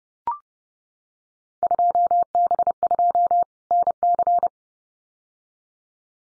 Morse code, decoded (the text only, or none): 2B2 NC